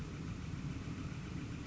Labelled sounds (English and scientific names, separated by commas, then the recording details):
Northern Flicker (Colaptes auratus)
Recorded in Sonoma County, California